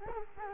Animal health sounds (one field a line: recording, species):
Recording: mosquito wingbeat signal from an infrared sensor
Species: Culex quinquefasciatus